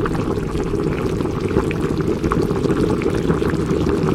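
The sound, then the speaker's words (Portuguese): Water pours steadily into a plastic cup, a continuous splashing, gurgling stream lasting about four seconds at an even, fairly loud level, with no voices. “Não, eu tô aí bebendo água uma vez a cada 2 dias.”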